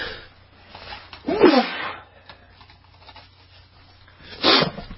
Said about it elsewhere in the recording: I'm sneezing in the background here. with some little kids, you get the sickness just keeps coming in.